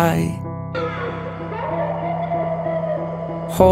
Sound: laughter